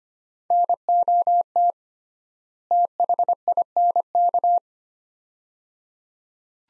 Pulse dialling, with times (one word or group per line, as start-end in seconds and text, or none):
none